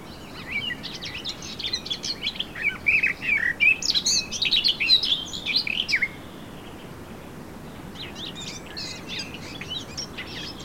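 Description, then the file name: Eurasian blackcap warbling song: a long run of quick, chattering high notes building to louder, clearer whistles, then a pause and a fainter, thinner phrase near the end. "Sylvia atricapilla"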